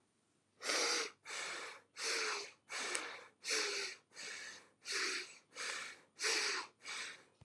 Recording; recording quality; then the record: shallow breathing; excellent, no background noise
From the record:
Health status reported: healthy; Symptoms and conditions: none ticked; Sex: male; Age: 19 years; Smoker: not ticked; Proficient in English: yes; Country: India